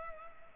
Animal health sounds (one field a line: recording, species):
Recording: mosquito wingbeat signal from an infrared sensor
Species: Culex pipiens